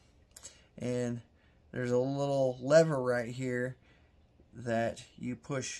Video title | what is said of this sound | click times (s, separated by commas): How to Clean a Smith and Wesson M&P40: A Beginner's Guide | slide को lock करें, | 0.4 s